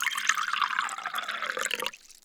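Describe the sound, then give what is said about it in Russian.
Water is poured into a third glass during a colour-changing chemistry demonstration with cabbage juice, in a steady, splashy stream that gurgles and rises slightly in pitch for about two seconds, then stops abruptly. No one speaks. “Я наполняю водой третий стакан.”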